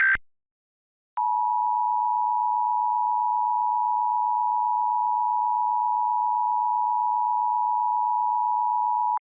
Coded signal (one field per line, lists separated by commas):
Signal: Emergency Alert System (SAME) tones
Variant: 853 and 960 Hz attention tone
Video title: EAS - Chaos On Black Friday